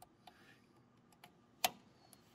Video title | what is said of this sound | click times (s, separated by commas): proTIP #21: How to Replace the Double Feed Sensor on the Horizon VAC-100a Collator | Just hear them snap into place there. | 1.7 s